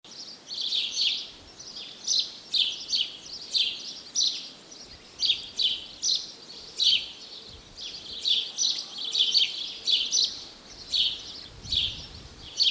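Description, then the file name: House sparrow giving a long run of many short, harsh chirps with brief pauses. "Passer domesticus"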